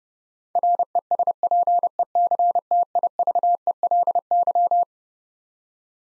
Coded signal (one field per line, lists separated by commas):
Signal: Morse code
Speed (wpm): 30 wpm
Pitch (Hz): 700 Hz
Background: none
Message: RESPECTIVELY